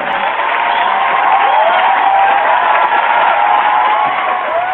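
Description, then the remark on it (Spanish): A crowd applauds and cheers steadily for about five seconds, a dense wash of clapping with shouts and whoops mixed in, holding at a loud, even level throughout. “Y con ese aplauso me despido porque nos tenemos que ir a los fernetudos de esta semana, señores.”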